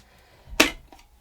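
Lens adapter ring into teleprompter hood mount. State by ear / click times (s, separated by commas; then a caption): seated / 0.6 s. A 72 mm lens adapter ring is slid onto the hood mount of a Parrot Padcaster teleprompter and pushed all the way in. It gives a sharp snap at 0.6 s, followed by a faint softer tap near 0.9 s. The ring is seated nice and tight and snug.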